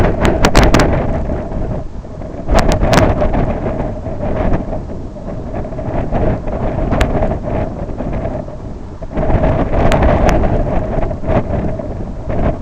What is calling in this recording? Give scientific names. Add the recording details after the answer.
none. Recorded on Arctic tundra, site IGLO-B, on 24 June 2018. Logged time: 01:59